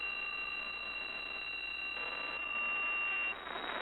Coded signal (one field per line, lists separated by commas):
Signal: PSK63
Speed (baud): 62.5 baud